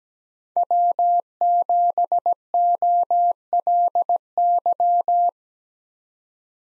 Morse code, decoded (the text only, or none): W7OLY